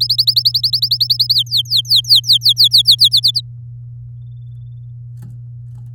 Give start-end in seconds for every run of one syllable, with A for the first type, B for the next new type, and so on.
0.00-1.34 A, 1.35-2.82 B, 2.85-3.41 C